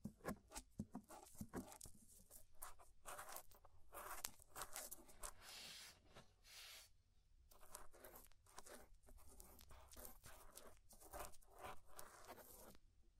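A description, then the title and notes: Ear scraping makes dense, irregular scratchy rustles and sharp crackling ticks, with a few louder bursts early on and a brief quieter stretch near seven seconds. Inner and Outer Ear Scraping (No Talking).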